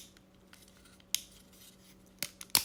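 A laser-cut wooden part for the ROKR LGA02 "Chocolate Factory Marble Run" is pushed the last bit into its slot in the wooden marble-run frame during assembly step 3. Short sharp wooden ticks sound at about 1.1 and 2.2 seconds over a quiet background. The loudest, sharpest snap at 2.6 seconds is the part seating home in its slot.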